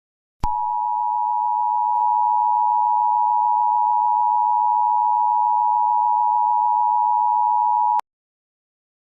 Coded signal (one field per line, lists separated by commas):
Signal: Emergency Alert System (SAME) tones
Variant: 853 and 960 Hz attention tone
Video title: EAS mock: child abduction emergency